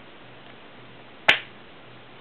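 A replacement custom-made grip is pushed onto the grip frame of a Dan Wesson revolver. Against a quiet, steady background hum, a single sharp snap sounds at 1.3 s as the grip snaps into place. The grip is seated, nice and snug.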